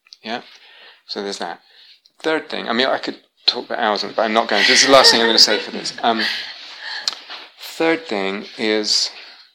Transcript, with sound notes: Yeah? So there's that. Third thing. I mean, I could talk for hours. I'm not going to. [laughter] This is the last thing I'm going to say for this. Third thing is...